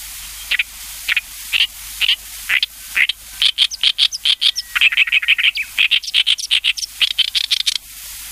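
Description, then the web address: Oriental reed warbler giving harsh single notes about twice a second, then breaking into a fast, varied run of grating, chattering syllables. "sikioto. ooyoshikiri"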